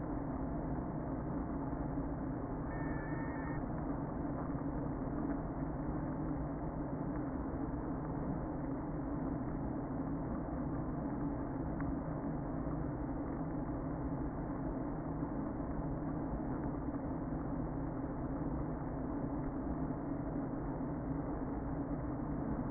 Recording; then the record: honeybee colony, microphone inside the hive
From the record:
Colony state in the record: queen present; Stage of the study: before two queens were removed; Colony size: about 60,000 bees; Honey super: yes